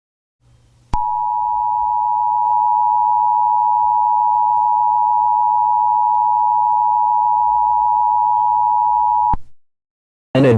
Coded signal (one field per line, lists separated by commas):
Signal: Emergency Alert System (SAME) tones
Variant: 853 and 960 Hz attention tone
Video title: EAS scenario 22 (MEGA): Herobrine 5: it all ends here